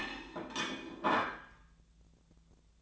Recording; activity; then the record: daily activity, microphone in the room; place plate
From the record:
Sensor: 3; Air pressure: 1009.4 hPa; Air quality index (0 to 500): 197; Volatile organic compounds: 16 ppm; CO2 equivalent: 2559 ppm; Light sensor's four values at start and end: 34/84/36/38 and 33/83/35/38